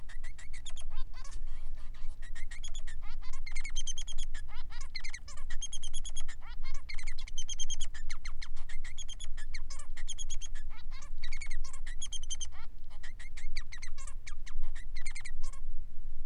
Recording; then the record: song of a male Bengalese finch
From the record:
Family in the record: son of father 3